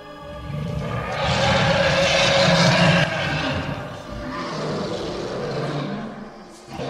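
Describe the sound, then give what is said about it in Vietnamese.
Deep, growling roars of monstrous creatures locked tightly around each other in a fight churn together in a sustained, rumbling clash, swelling loud and gritty for several seconds before easing slightly, with no speech over them. “Những con thô linh quấn chặt lấy nhau mà gầm thét, khiến cho âm binh tướng sĩ mấy bên bị đánh giạt ra.”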